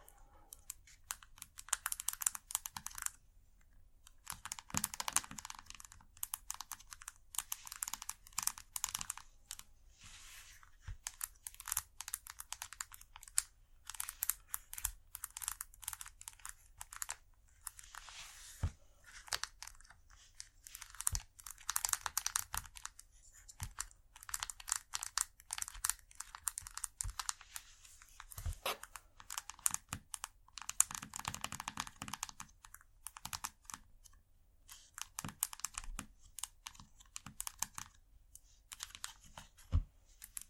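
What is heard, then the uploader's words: Scratchy tapping in quick, irregular bursts: dry clicks and brushing scrapes that bunch together, then break off briefly near 4 and 9 seconds. The sounds are crisp with a bright hiss, over a faint low hum. Irresistible Scratchy-tapping. No Talking.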